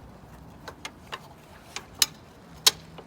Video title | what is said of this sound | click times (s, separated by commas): Bug Nets - Adventure Rig Rentals | hear them latch into place | 2.0 s, 2.7 s